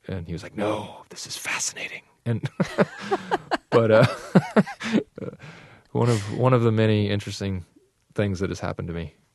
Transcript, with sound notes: and he was like no, this is fascinating. And...
(SOUNDBITE OF LAUGHTER)
But, one of the many interesting things that have happened to me